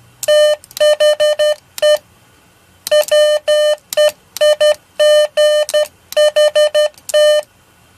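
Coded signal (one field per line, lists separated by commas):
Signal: Morse code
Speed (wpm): 12 wpm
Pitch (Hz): 600 Hz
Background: none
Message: THE WEIGHT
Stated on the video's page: Sent with a fully-automatic rotary bug whose single oscillating pendulum makes both dots and dashes.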